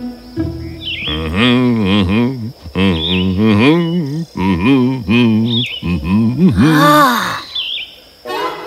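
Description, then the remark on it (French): A voice imitates a swarm of bees entering a forest, buzzing loudly in several wavering, rising and falling bursts separated by short pauses, with a few brief high chirps between them. “Un beau jour, un essaim d'abeilles entra dans la forêt.”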